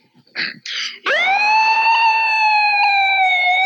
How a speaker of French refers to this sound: Cette sirène-là, elle donne l'impression qu'il y a quelque chose d'important, de puissant qui vient et ça, même celui qui ne connaît pas l'autorité de ce phénomène-là arrête, va faire quelque chose.